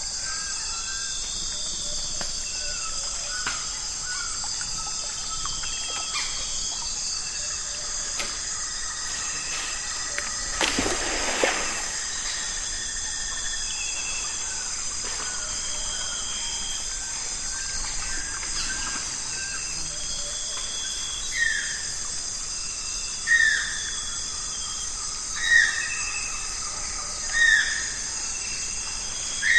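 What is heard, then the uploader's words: Nightfall along a rainforest river, filled with a dense, steady high-pitched drone of insects. Scattered bird calls and chirps come and go, with a brief rustling burst near eleven seconds and a run of louder, repeated bird notes in the final ten seconds. Nightfall on the Zabalo. Today we’re visiting the Zabalo River in Ecuador. It’s a completely undisturbed ecosystem, where all the creatures we hear are all native to the land. No two birds sound alike.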